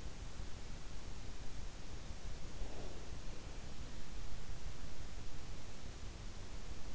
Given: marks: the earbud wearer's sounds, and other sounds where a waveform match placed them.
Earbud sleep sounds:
sounds in sleep by an in-ear microphone; breath
2.50-3.41 s: breath

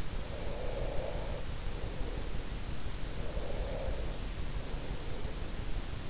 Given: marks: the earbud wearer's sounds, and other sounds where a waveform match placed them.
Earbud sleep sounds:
sounds in sleep by an in-ear microphone; breath
0.23-2.42 s: breath
3.06-5.58 s: breath

